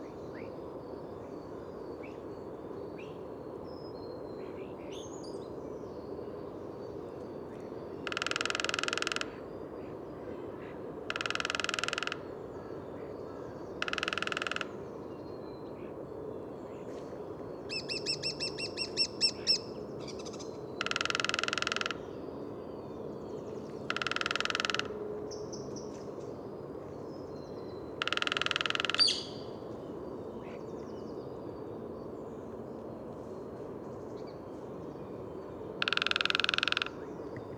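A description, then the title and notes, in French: Spring woodland sounds in the Bois de Vincennes: short bursts of bright, raspy calls repeat every few seconds over a steady low hum, with chirps. Entre 8h et 10h30 du matin - Bois de Vincennes - Nagra Seven - Telinga pro7. Météo radieuse et étonnante pour cette saison,qui résume un superbe safari sonore presque printanier dans le bois de Vincennes durant deux heures et demi. Le fond sonore est composé du sonouillard le brouillard sonore mais les chants d'oiseaux ressortent bien de cette rumeur de la ville.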